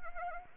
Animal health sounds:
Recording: mosquito wingbeat signal from an infrared sensor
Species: Anopheles arabiensis

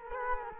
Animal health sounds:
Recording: mosquito wingbeat signal from an infrared sensor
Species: Culex quinquefasciatus

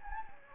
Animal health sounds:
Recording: mosquito wingbeat signal from an infrared sensor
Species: Anopheles gambiae

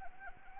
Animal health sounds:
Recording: mosquito wingbeat signal from an infrared sensor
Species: Anopheles arabiensis

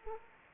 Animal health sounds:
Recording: mosquito wingbeat signal from an infrared sensor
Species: Anopheles arabiensis

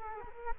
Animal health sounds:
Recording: mosquito wingbeat signal from an infrared sensor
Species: Culex quinquefasciatus

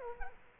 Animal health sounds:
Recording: mosquito wingbeat signal from an infrared sensor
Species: Culex quinquefasciatus

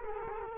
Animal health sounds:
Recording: mosquito wingbeat signal from an infrared sensor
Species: Culex quinquefasciatus

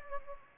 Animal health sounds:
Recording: mosquito wingbeat signal from an infrared sensor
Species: Anopheles gambiae

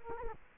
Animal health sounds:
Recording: mosquito wingbeat signal from an infrared sensor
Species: Culex quinquefasciatus

